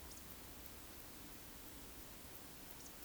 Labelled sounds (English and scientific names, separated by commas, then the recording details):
Eurasian Woodcock (Scolopax rusticola) whistle
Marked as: whistle, whistle
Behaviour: display flight
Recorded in Baden-Württemberg, Germany, on 13 June 2021 at 19:59 UTC
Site 23718, 552 m above sea level